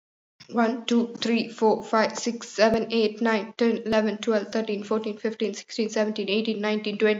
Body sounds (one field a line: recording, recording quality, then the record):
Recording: counting at a fast pace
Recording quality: excellent, no background noise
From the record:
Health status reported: COVID-19 positive, mild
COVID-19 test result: positive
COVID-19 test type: RT-PCR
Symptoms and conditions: sore throat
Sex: female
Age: 24 years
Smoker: no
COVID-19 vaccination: both doses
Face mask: not worn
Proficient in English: yes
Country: India